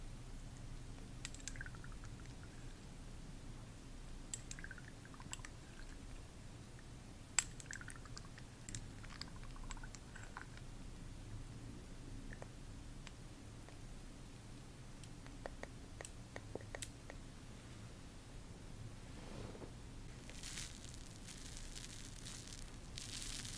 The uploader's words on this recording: ASMR Sleep Inducing Skin Care ASMR Lofi (No Talking).